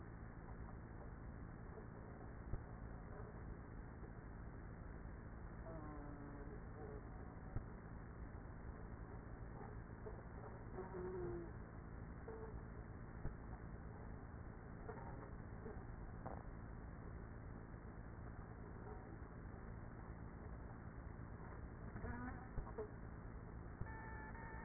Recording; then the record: honeybee colony, microphone inside the hive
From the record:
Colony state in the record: queenless with a low population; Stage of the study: after two queens were removed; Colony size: about 30,000 bees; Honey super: no